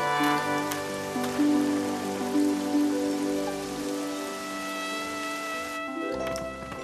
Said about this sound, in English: Now it's starting to rain.